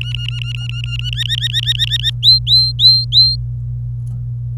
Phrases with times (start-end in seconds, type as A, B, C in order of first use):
0.01-1.10 A, 1.13-2.10 B, 2.23-3.36 C